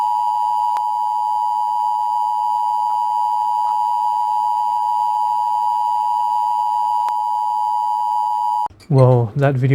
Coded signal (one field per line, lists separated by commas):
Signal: Emergency Alert System (SAME) tones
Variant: 853 and 960 Hz attention tone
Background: speech